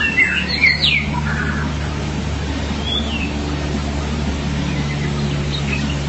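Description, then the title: Magpie-robin or shama gives a few loud whistled sweeping notes early on, then a slurred whistle and a few faint notes, over a steady low hum. "BM Suara Burung Murai"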